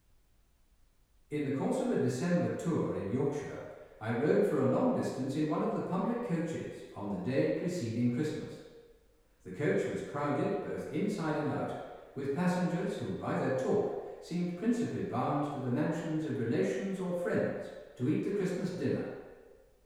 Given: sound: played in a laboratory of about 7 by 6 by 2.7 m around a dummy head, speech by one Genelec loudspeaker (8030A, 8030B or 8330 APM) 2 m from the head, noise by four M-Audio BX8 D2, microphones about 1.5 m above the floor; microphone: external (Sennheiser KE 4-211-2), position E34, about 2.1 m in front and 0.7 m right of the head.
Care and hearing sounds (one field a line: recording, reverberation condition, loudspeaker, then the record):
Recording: male speech in English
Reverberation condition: high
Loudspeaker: 150 degrees to the left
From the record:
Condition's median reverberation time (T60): about 1300 ms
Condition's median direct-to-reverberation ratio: about -4.0 dB